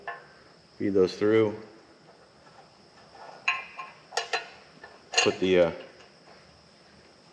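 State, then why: Not seated. LED wires are fed through the side hole of a Dakota Digital LED tail light housing for a 1969 Chevelle conversion, with the wire hole cover piece being handled before it goes over the hole. Someone talks while sharp handling taps sound near 3.5, 4.2 and 4.3 seconds, over a steady high-pitched tone throughout. The cover piece has not seated or clicked into place yet.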